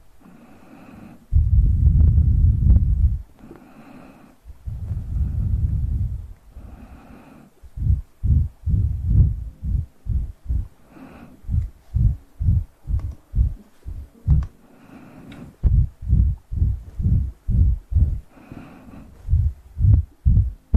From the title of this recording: Sounds close to the mouth!